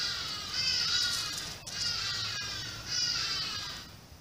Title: Vervet monkeys